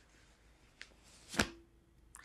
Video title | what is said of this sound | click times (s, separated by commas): Kiboko City Commuter Features Walk through | pocket is magnetic and it snaps into place and so | 1.4 s